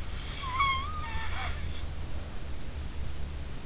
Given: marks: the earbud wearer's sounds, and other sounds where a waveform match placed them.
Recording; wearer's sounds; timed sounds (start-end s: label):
sounds in sleep by an in-ear microphone; snoring breath
0.13-2.80 s: snoring breath